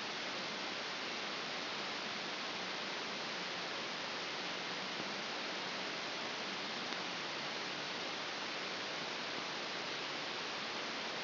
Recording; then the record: brain microelectrode recording played as sound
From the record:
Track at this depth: inside the subthalamic nucleus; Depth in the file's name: 2.931 mm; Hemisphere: left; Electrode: 2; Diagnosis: Parkinson's disease